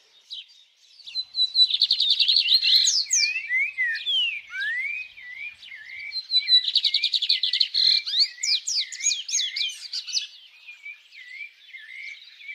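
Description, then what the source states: Birds singing, loud fast buzzy trills and sweeping chirps in two long bursts, with lower looping whistles between them. Birds singing at dawn.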